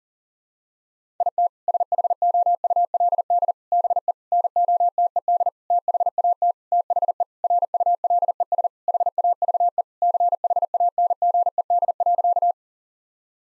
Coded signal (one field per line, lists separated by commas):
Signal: Morse code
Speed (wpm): 40 wpm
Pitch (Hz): 700 Hz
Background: none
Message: IT SHOULD BE NOTED THAT THE RULES HAVE CHANGED.